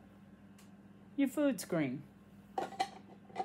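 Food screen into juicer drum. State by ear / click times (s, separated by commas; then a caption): not seated / none. A plastic and mesh food screen is fitted into the drum of an AMZCHEF slow cold juicer while someone talks, followed by a few short, hard plastic clatters near the end of the clip. The screen is only being handled, and nothing has seated or clicked yet.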